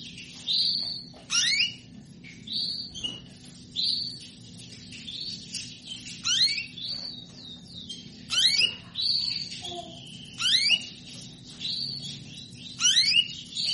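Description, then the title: Canary song, a lively run of high trills, rising sweeps and chirped notes in repeated bursts, over a faint steady hum. Female canary asking to mate; played to stimulate Belgian canaries into singing. "Canto Para Esquentar Canário Belga. Suara burung kenari betina minta kawin"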